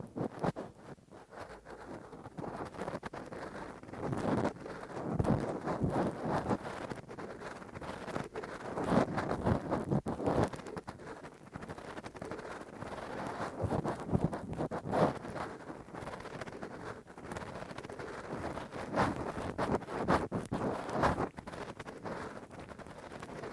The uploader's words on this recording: ASMR Intense Rough Deep Ear Cleaning w Q-tip, Ear Pick 1 Hour (No Talking).